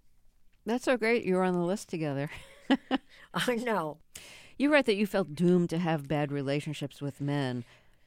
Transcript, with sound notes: That's so great you're on the list together (laughter).
I know.
You write that you felt doomed to have bad relationships with men